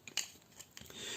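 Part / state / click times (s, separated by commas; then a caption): smartwatch in its clip-on charging cradle / seated / 0.2 s. A JCDBT L12 smartwatch is pressed into its plastic clip-on charging cradle, with the two charging prongs lining up with the contacts and a button keying the orientation. A faint tick comes just before a sharp snap at 0.2 s, followed later by a few softer clicks and rustle. The watch snaps and seats in the cradle.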